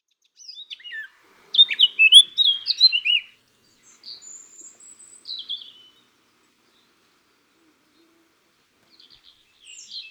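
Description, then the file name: Eurasian blackcap song fragments: a short burst of quick warbled notes, then a few thin high whistles and a faint twitter near the end, with long quiet gaps. "Sylvia atricapilla"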